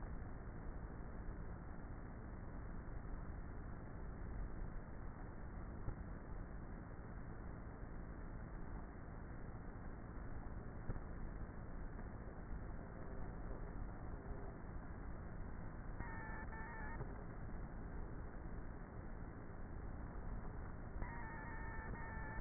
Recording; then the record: honeybee colony, microphone inside the hive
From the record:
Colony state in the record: queenless with a low population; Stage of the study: before two queens were removed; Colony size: about 30,000 bees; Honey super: no